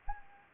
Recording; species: mosquito wingbeat signal from an infrared sensor; Anopheles gambiae